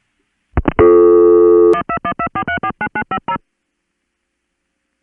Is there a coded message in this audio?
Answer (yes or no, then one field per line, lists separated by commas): yes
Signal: DTMF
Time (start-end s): 1.7-3.4 s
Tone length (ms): 80 ms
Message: 12124349950